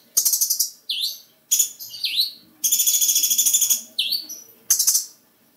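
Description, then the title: Small bird singing high, rapid trills and bursts of sharp notes, with a few quick downslurred-then-rising whistles between them. "Burung Kecil"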